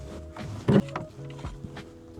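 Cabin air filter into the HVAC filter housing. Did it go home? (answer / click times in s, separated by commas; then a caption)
no / none. A new cabin air filter for a BT-50 is being handled at its HVAC filter housing behind the glovebox, arrow facing down toward the blower motor, meant to slide in smoothly without forcing. A short rustling scrape rises at about 0.7 s, followed by a brief sharp tap near 1.0 s, over faint steady tones. The filter has not seated or clicked into the housing yet.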